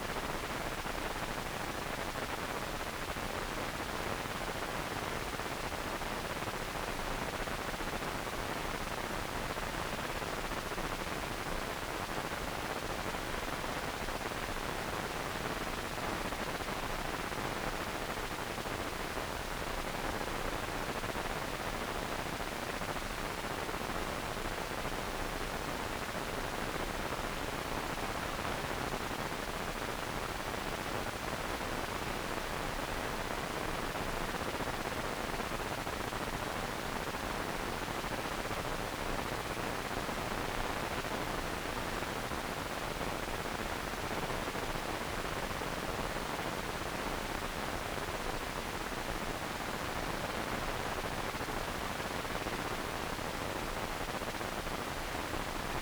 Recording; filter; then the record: brain microelectrode recording played as sound; wide band, above 20 Hz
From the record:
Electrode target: subthalamic nucleus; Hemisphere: right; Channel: 2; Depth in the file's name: 5.102 mm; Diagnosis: Parkinson's disease